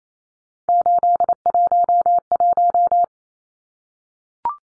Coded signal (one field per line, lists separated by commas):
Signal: Morse code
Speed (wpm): 28 wpm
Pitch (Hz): 700 Hz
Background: none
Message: 811